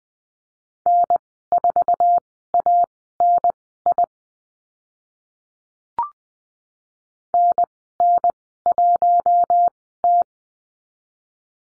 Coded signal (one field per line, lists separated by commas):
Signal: Morse code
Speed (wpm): 20 wpm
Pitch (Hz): 700 Hz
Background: none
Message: N4ANI NN1T